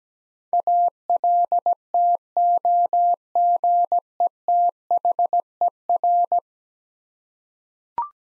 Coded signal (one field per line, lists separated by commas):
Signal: Morse code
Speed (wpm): 17 wpm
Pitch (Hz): 700 Hz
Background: none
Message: ALTOGETHER